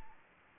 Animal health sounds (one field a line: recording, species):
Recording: mosquito wingbeat signal from an infrared sensor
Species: Anopheles gambiae